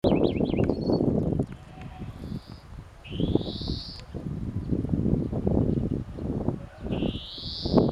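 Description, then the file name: European Greenfinch giving a brief twitter, then a few drawn-out buzzy wheezes, the clearest rising in pitch, against low rumbling noise. "Chloris chloris"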